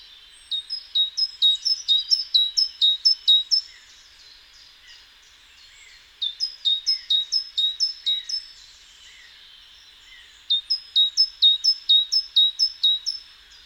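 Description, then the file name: Great tit uttering rapid high two-note units in three sustained runs of several seconds each, rhythmic and evenly spaced, with quiet gaps between runs and light background noise. "Parus major"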